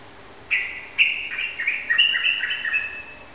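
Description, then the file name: Yellow-vented bulbul song, a quick string of bright, bubbling whistled notes tumbling up and down for about two and a half seconds. Rapid song in the 'ropel' style, recorded indoors in a room; local Indonesian name trucukan. "suara burung trucukan ropel di ruangan"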